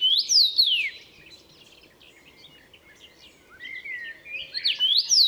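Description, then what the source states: Common rosefinch song: loud, clear, whistled, slurred phrases at the start and end, with quieter twittering between them. Recorded 29 May 2014 at Murnauer Moos.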